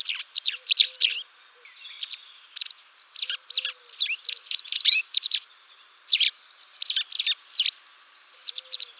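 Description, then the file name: White wagtail calls: bursts of sharp, high chirps and short twitters, coming in irregular clusters with brief pauses between them. "motacilla alba"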